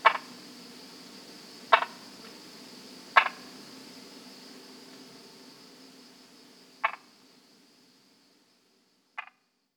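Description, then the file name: Brauer's tree frog producing short, clicking croaks at irregular gaps, five in all, while a steady high tone fades out near the end. "Polypedates braueri"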